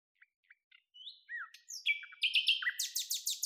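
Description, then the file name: Common nightingale song building from scattered soft notes through slurred whistles into a loud, fast, rattling run of repeated notes. "Luscinia megarhynchos"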